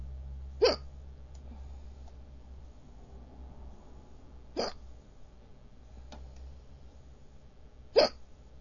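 Three sharp, brief hiccup sounds from an adult at irregular intervals of roughly three to four seconds, each an abrupt voiced click over a steady low hum in the background. These are ordinary hiccups: sudden diaphragm spasms that snap the vocal cords shut.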